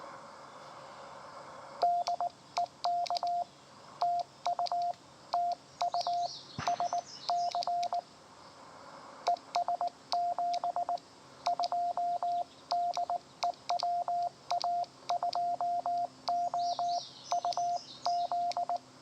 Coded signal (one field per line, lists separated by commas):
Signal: Morse code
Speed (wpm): 19 wpm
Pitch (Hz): 700 Hz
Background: radio noise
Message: DE K TU TU SC ES 72 DE WA2OUZ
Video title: POTA US-10663